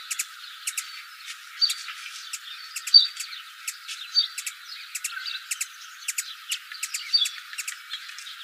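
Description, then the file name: Ruby-throated hummingbird uttering short, ticking chip notes in loose series, occasionally doubled. Calls of a female, Arizona. "RTHU CALLS FEM 1 A deviche"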